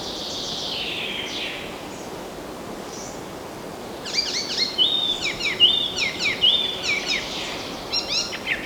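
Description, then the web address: Birds sing quick chip series with a clear flat whistle repeated about every second in the second half, over background hiss. Forest birds. "مجموعه افکت صدا حیوانات SES Animals SFX Forest Birds"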